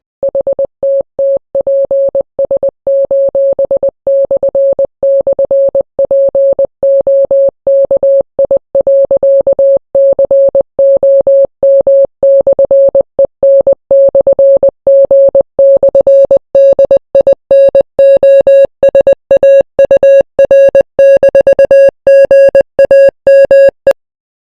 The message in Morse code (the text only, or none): HTTPS://POKI.COM/EN/G/DINOSAUR-GAME